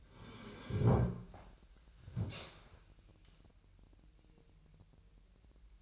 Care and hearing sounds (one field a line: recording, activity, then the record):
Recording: daily activity, microphone in the room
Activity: sit down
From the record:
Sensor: 2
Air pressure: 1001.7 hPa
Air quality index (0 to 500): 240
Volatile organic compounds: 74 ppm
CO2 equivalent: 3559 ppm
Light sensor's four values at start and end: 8/19/8/8 and 9/23/9/10